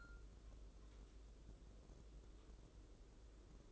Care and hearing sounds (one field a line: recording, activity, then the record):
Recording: daily activity, microphone in the room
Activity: take from stove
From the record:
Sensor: 3